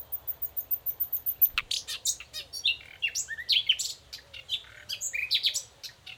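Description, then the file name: Common nightingale singing a rapid run of repeated notes that breaks into loud, varied, rich whistles and chirps. "Luscinia megarhynchos"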